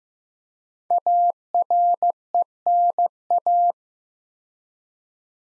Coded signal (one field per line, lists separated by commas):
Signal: Morse code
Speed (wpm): 15 wpm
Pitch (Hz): 700 Hz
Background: none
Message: ARENA